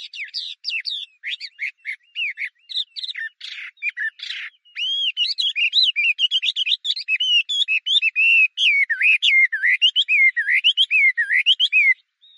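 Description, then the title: Chinese hwamei song: quick varied whistles with a few harsher, buzzier notes early on, then a fast stream of rich rising and falling whistled phrases. "画眉鸟的叫声"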